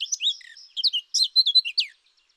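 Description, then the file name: Eurasian blackcap song, a short, bright phrase of slurred, whistled warbling notes, some falling in pitch. "Sylvia atricapilla"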